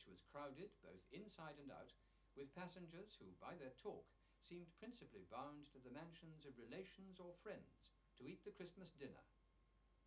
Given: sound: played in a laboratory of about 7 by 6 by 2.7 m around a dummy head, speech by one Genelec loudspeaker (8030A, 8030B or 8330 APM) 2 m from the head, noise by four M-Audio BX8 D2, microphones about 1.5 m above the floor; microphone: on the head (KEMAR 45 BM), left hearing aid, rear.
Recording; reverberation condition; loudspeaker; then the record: male speech in English; low; 150 degrees to the left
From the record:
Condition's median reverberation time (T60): about 310 ms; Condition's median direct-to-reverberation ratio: about 3.5 dB